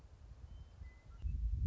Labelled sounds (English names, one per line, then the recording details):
Western Meadowlark
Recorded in Sonoma County, California